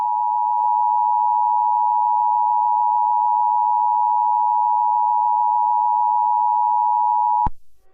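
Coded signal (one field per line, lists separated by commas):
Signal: Emergency Alert System (SAME) tones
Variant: 853 and 960 Hz attention tone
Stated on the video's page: Simulated Emergency Alert System scenario of a nuclear attack on the U.S.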